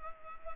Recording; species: mosquito wingbeat signal from an infrared sensor; Culex pipiens